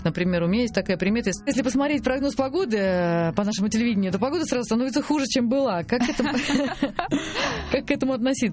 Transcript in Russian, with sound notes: Например, у меня есть такая примета: если посмотреть прогноз погоды по нашему телевидению, то погода сразу становится хуже, чем была. (все смеются) Как к этому относиться?